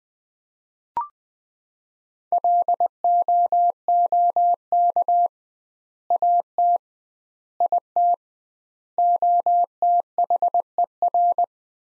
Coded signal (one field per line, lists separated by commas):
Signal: Morse code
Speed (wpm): 20 wpm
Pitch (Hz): 700 Hz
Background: none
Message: LOOK AT IT OTHER